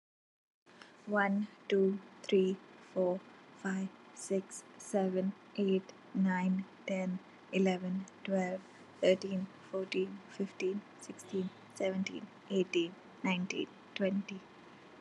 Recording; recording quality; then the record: counting at a normal pace; excellent, no background noise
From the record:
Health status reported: healthy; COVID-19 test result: negative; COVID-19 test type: RT-PCR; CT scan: not taken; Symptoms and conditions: none ticked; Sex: female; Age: 21 years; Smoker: no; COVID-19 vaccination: one dose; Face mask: not worn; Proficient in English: yes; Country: India